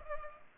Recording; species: mosquito wingbeat signal from an infrared sensor; Culex pipiens